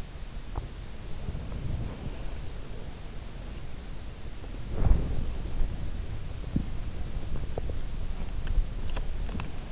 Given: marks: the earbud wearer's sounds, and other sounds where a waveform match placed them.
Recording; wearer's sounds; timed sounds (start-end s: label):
sounds in sleep by an in-ear microphone; teeth grinding, body movement
0.35-0.84 s: teeth grinding
1.11-8.43 s: body movement
7.35-9.71 s: teeth grinding